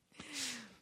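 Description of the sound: One short hissing rush of air that swells and fades: a breath delivered by the home ventilator that an adult with Duchenne muscular dystrophy currently uses to breathe.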